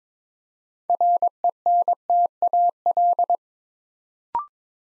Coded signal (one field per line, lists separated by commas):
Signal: Morse code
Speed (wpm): 22 wpm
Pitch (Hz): 700 Hz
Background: none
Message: RENTAL